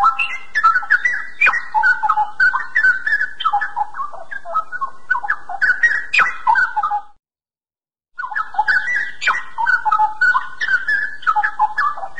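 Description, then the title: Oriental magpie-robin song of quick varied whistles and clicks, broken by an one-second silence midway before the singing resumes. "Kicau Kacer"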